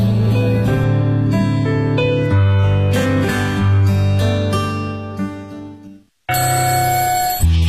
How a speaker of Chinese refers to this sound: 叫醒你的是闹钟，是梦想，还是你家的猫？